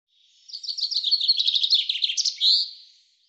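Common chaffinch singing: a rattling series of sharp notes falling in pitch, finishing with a brief emphatic twirl.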